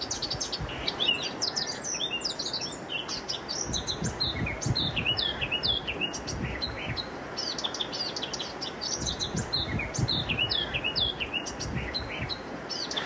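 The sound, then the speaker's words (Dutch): A blackcap sings in a bramble bush, a rich, varied warble of quick high phrases that rise and fall, repeating in bursts over a steady low background rumble, with no voices. “Onze columnist Hans Sibbel, die kort geleden overigens een comeback aankondigde van het vermaarde cabaretduo Lebbes en Jansen, hou ze in de gaten, staat verbaasd van de zangkwaliteit van de zwartkop bij hem in de braamstruik.”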